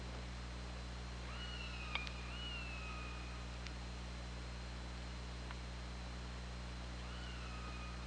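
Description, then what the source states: Orca calls: a long rising-then-level harmonic call and a second call near the end, with a few sharp clicks and steady underwater hiss. OrcaLab hydrophone, 24 August 2017, 21:30:39.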